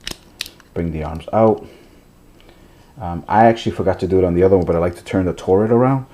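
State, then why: Seated. A plastic part of a combining robot toy is swung over into position on a ratcheting joint, producing sharp clicks at 0.1 s and 0.4 s as it ratchets and seats. Someone then talks while a few faint handling sounds are heard.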